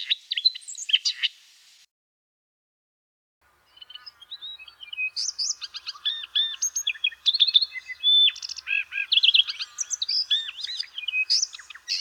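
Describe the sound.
Redthroat song: a brief opening burst, a pause, then a long run of varied high twittering notes and slurred whistles.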